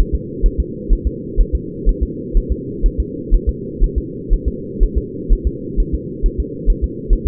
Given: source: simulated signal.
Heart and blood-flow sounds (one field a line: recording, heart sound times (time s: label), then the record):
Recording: fetal heart sounds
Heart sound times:
0.00 s: S1
0.15 s: S2
0.46 s: S1
0.60 s: S2
0.93 s: S1
1.07 s: S2
1.41 s: S1
1.55 s: S2
1.89 s: S1
2.03 s: S2
2.37 s: S1
2.52 s: S2
2.86 s: S1
3.00 s: S2
3.35 s: S1
3.49 s: S2
3.84 s: S1
3.98 s: S2
4.33 s: S1
4.48 s: S2
4.83 s: S1
4.98 s: S2
5.33 s: S1
5.47 s: S2
5.80 s: S1
5.95 s: S2
6.26 s: S1
6.40 s: S2
6.70 s: S1
6.84 s: S2
7.13 s: S1
7.27 s: S2
From the record:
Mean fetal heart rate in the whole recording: 130 bpm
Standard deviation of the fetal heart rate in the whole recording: 4 bpm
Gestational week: 38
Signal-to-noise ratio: -4.1 dB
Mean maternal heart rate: no maternal heart sound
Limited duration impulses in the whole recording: absent